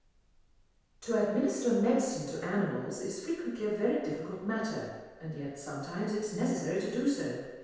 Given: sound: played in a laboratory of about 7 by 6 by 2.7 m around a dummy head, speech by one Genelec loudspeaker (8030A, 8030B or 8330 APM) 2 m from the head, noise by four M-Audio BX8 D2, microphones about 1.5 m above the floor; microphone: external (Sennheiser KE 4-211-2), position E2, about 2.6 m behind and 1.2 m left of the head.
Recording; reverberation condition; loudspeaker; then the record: female speech in English; high; 30 degrees to the left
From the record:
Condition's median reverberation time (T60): about 1300 ms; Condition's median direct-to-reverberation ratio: about -4.0 dB